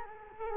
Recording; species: mosquito wingbeat signal from an infrared sensor; Culex quinquefasciatus